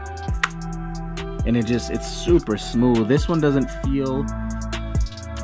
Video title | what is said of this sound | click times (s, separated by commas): Glock 43X MOS 💰 Holster Options For Every Budget 💰 | and that audible click is just so nice | 0.4 s